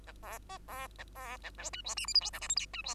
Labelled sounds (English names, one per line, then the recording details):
Bengalese Finch song
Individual Bird2